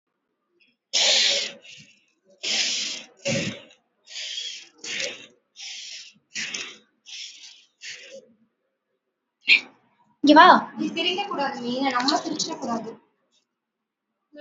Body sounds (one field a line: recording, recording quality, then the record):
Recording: deep breathing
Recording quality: excellent, no background noise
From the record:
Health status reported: COVID-19 positive, no symptoms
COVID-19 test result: positive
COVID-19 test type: RT-PCR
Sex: female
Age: 23 years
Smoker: no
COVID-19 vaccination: both doses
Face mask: worn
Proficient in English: yes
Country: India